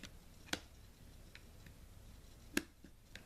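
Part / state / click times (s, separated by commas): smartphone into wireless charging case with plug into charging port / seated / 0.5 s, 2.6 s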